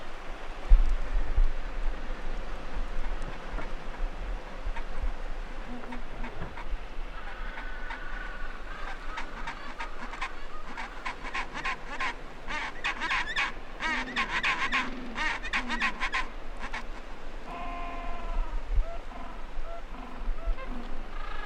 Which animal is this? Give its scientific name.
Pygoscelis papua